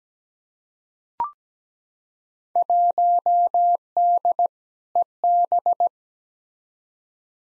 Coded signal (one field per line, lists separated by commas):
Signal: Morse code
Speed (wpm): 17 wpm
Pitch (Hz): 700 Hz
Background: none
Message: 1D EB